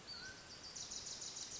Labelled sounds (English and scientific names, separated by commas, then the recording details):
Mountain Quail (Oreortyx pictus)
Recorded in Sonoma County, California